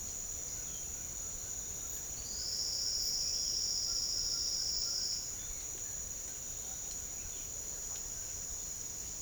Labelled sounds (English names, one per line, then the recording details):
none
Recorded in secondary vegetation near Puerto Asís, Putumayo, Colombia, on 13 March 2025 at 08:30
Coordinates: 0.488, -76.319
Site G095